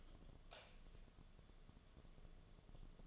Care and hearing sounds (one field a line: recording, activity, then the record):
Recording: daily activity, microphone in the room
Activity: light off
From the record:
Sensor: 4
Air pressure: 1011.1 hPa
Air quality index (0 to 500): 147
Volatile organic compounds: 3 ppm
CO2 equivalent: 1506 ppm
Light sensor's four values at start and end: 127/334/141/146 and 126/330/139/144